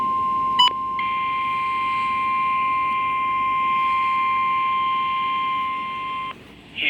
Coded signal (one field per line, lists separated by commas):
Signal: Emergency Alert System (SAME) tones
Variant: 1050 Hz attention tone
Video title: EAS/NWR Alert or message #413: 1 out of 2 ILN FFAs.